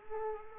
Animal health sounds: mosquito wingbeat signal from an infrared sensor; Culex quinquefasciatus

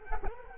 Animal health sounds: mosquito wingbeat signal from an infrared sensor; Culex quinquefasciatus

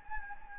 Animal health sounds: mosquito wingbeat signal from an infrared sensor; Anopheles gambiae

